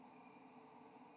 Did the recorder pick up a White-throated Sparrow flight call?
no